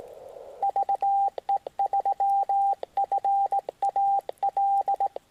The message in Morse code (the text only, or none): VE3FAL